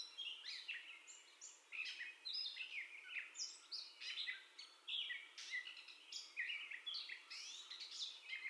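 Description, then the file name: Catbird song: a lively mix of squeaky, mewing and harsh phrases, steady and varied throughout. Described as the catbird's first song, recorded on 30 May 2021. "2021-05-30 Catbird First Song"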